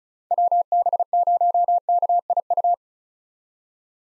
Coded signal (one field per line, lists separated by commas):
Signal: Morse code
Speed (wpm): 36 wpm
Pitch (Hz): 700 Hz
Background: none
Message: WB0KIU